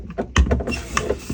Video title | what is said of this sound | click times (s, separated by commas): How To Easily Install Your Body Glove Filter | then you'll hear click. | 0.4 s, 1.0 s